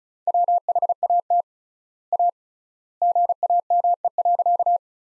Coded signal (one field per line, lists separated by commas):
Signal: Morse code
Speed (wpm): 34 wpm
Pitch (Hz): 700 Hz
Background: none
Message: WHAT A GAME.